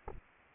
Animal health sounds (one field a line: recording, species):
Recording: mosquito wingbeat signal from an infrared sensor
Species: Anopheles arabiensis